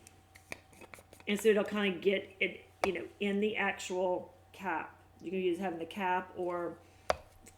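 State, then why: Seated. A loose setting powder jar is shaken, producing a quick run of small taps and rattles in the first second while someone talks. The plastic sifter lid closure is then worked, giving a single sharp click at 7.1 s as the closure clicks into place; it opens and closes the powder so it doesn't get all over the place during transferring.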